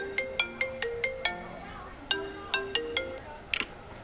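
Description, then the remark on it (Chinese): A phone ringtone for an incoming call near the end of the workday plays a bright, tinkling melody of quick plucked notes in two rising-falling phrases, with a short buzzy burst near the end and no talking. “快下班的时候，洛毅打了电话过来。”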